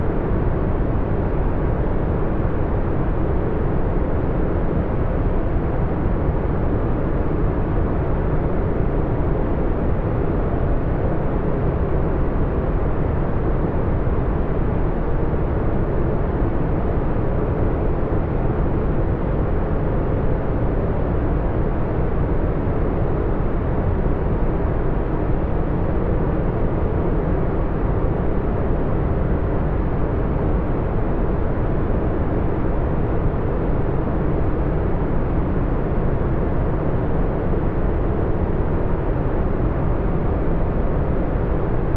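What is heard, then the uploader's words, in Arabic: Brown noise plays as a steady, unbroken rush, weighted toward deep rumbling lows with a softer hiss above and nothing at the very top. The level holds perfectly even for the full length, with no events, gaps or background sounds, like a distant, constant engine roar. الضجيج البني المهدئ.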